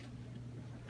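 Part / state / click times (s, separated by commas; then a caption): feed tray cover latching onto the receiver of a belt-fed machine gun / not seated / none. The feed tray cover of an M240B belt-fed machine gun is handled over the link belt, about to close onto the receiver, with only a steady low hum and faint background noise and no sharp metallic impact. Nothing has snapped shut or latched yet.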